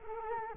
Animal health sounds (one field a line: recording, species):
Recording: mosquito wingbeat signal from an infrared sensor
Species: Culex quinquefasciatus